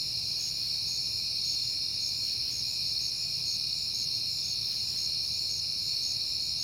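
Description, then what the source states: Crickets keep up a continuous high trilling chorus, several overlapping in an even wall of sound, with a quiet low hum below. Crickets at night in September, on a peaceful night.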